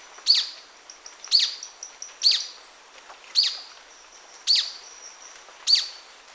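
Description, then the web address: Golden-crowned Flycatcher giving sharp, squeaky high notes, repeated roughly once a second, with faint thin whistles between them. Ecuador. "Birds of Ecuador. Golden-crowned Flycatcher"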